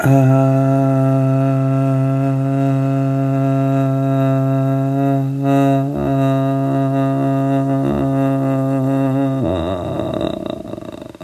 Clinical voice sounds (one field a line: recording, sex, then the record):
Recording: sustained vowel /a/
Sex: male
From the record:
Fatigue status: fatigue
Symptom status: symptomatic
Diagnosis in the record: COVID-19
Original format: m4a